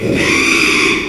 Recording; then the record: squeal of a Yucatan mini pig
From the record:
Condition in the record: after surgery on the right vocal fold (resection and tissue-engineered implant); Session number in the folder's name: 1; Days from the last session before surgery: 6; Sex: male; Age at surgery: 12 weeks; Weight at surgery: 13 kg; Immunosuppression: cyclosporine, prednisolone